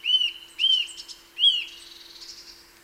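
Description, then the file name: Eurasian nuthatch giving three clear, slightly arched whistled notes, the last followed by a softer trailing buzz. "Sitta europaea"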